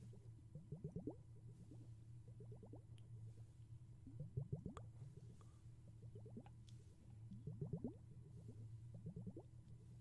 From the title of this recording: Water Globes and Underwater Sounds